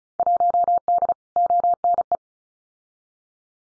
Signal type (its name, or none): Morse code